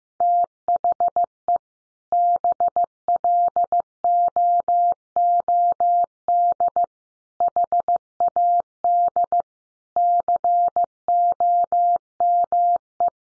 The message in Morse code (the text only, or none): THE BLOOD HAD COME